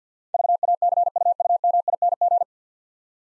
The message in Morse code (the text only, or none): VACUUMING